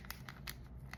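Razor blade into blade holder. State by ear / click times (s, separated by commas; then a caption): not seated / none. A single-edge dermaplaning blade is handled and pushed toward its plastic blade holder, giving a few brief, sharp crinkly ticks over low background noise. The blade has not seated or clicked into the holder yet.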